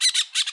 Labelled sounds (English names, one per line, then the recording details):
Brown-throated Parakeet contact call
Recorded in Bonaire
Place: just S of turnoff to Cai, near Lac Bay
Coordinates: 12.126, -68.239